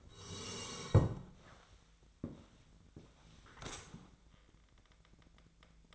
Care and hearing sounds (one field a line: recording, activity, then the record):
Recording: daily activity, microphone in the room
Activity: sit down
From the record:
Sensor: 3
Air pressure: 1000.4 hPa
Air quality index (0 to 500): 170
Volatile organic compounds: 3 ppm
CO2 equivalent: 1484 ppm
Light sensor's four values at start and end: 13/32/13/14 and 14/31/13/14